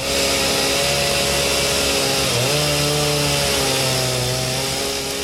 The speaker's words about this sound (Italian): So che è poca cosa nei confronti del furto che le hanno fatto, ma se in qualche maniera può lenire il suo dolore, può consolarla, può darle un po' di sollievo, le faccio ascoltare ancora una volta il canto della sua motosega.